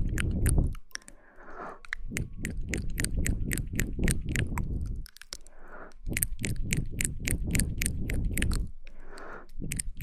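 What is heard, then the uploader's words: Mouth sounds fill the clip: wet, crunchy chewing clicks and smacks arrive in quick, fairly regular bursts, several per second. Three brief pauses, near one, five-and-a-half and nine seconds, bring a softer breathy hiss before the rapid clicking resumes. Mouth Sounds.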